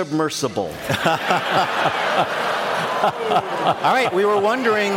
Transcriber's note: laughter